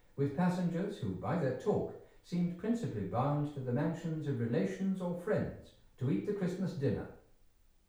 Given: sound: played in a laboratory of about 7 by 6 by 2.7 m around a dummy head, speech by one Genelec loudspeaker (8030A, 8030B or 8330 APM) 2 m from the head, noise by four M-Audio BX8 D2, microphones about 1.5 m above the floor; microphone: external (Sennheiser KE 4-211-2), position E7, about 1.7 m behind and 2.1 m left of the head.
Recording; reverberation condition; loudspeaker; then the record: male speech in English; medium; 60 degrees to the left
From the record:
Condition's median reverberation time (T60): about 510 ms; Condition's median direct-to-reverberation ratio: about -0.5 dB